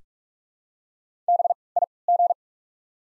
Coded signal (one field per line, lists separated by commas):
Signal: Morse code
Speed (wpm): 41 wpm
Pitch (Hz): 700 Hz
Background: none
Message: BIG